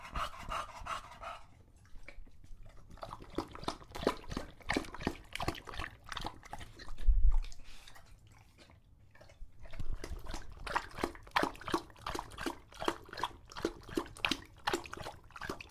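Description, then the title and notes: English Bulldog: dog lapping water in quick wet strokes, pausing for heavy breaths and a deep snort, then lapping again. Male English Bulldog named Lucho, drinking water from a bowl after a long walk, heavy breathing between drinks from being out of breath. "English Bulldog Drinks from Water Bowl - Weird Sounds. listen to Lucho the English Bulldog as he tries to drink water after a long walk. Don't let his heavy breathing fool you in between drinks"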